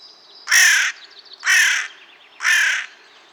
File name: Corvus corone